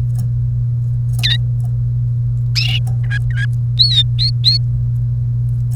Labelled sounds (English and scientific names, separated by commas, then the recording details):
Domestic Canary (Serinus canaria) song
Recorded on 1 May 2018 at 12:14
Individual llb3